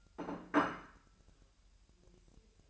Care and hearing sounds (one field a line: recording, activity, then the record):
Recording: daily activity, microphone in the room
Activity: place plate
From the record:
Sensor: 2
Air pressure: 1001.9 hPa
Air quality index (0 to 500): 248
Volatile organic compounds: 39 ppm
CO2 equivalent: 3140 ppm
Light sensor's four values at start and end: 8/28/11/10 and 8/28/11/10